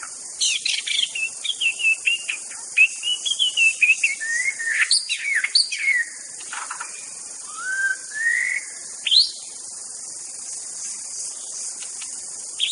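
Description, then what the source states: White-rumped shama singing: fast chattering and warbled notes, then slower rising whistles spaced a second or so apart, over a steady insect hum. Wild bird from forest.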